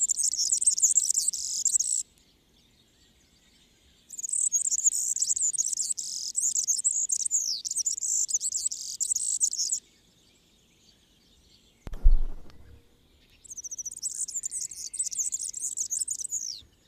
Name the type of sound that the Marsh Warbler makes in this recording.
song